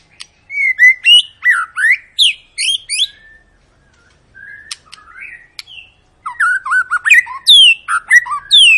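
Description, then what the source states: White-rumped shama song: loud varied whistled phrases in two bursts separated by a quieter pause with a few soft notes. Long, lively lure song of a white-rumped shama, used to prompt other birds to sing.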